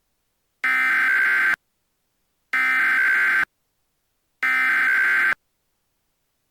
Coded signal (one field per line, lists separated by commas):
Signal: Emergency Alert System (SAME) tones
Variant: header bursts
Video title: EAS Scenario #19: Holiday Hell-raisers (EAS Christmas-In-July Special)